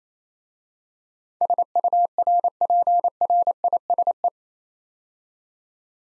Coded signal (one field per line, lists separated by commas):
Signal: Morse code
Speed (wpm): 27 wpm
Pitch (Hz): 700 Hz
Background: none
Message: SURPRISE